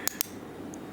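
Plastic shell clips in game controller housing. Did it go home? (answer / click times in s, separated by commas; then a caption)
yes / 0.1 s, 0.2 s. Plastic shell clips of a PS3 game controller housing are lined up and pressed together during reassembly. Two sharp clicks at 0.1 s and 0.2 s show the clips snapping home and seating, followed by a faint tick at 0.7 s.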